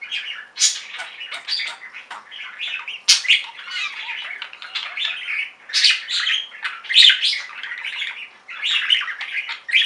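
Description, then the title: Budgerigar chatter: dense, continuous scratchy warbling and squawky chirps, loud and busy from start to finish. "Budgie Sounds"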